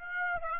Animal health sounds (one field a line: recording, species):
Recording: mosquito wingbeat signal from an infrared sensor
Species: Aedes aegypti